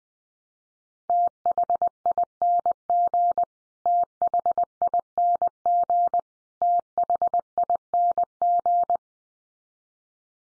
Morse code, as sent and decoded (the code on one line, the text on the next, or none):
- .... .. -. --. / - .... .. -. --. / - .... .. -. --.
THING THING THING